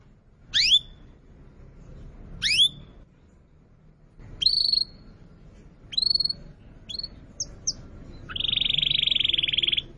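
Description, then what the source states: Atlantic canary song: sharp high whistled notes sweeping up then down, repeated, ending in a steady buzzy trill; faint low background hum. Canary song used to lure new birds.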